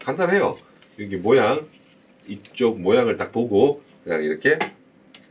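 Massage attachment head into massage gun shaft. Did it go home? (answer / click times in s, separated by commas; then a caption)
no / none. Someone talks while lining up the shape of a plastic massage attachment head with the socket on the shaft of a Flow7 massage gun with a high-speed BLDC motor, ready to push it straight in. The clip ends before the head goes home, so nothing has seated or clicked yet.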